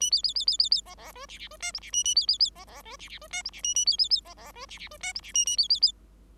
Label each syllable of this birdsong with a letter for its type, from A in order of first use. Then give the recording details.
A B B B B B B C C D E E D F G E A A B B B C C D E E D F G E A A B B B C C D E E D F G E A A B B B. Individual Bird5